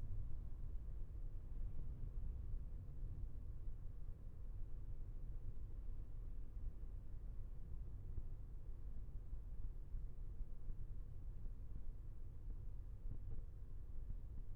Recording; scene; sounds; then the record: everyday scene through a hearing-aid microphone; in a vehicle; engine, traffic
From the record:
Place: Skoda Fabia, gasoline engine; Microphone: behind the ear, left, front